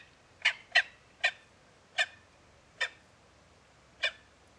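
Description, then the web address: Gyrfalcon giving harsh, rasping call notes, six in all, an opening pair close together followed by more widely spaced single calls, over quiet background. "sound Gyrfalcon. صدای-پرنده-شنقار"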